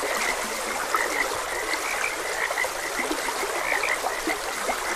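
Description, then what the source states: Frogs croaking in a steady chorus of short, bright notes, several overlapping each second, over a constant rush of flowing stream water. Frogs croaking beside a gentle stream.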